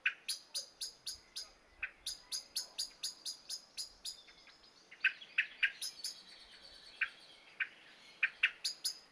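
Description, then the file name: Common blackbird calls, sharp high clicking notes repeated rapidly in long runs, with a brief lull midway before the series resumes. "Turdus merula"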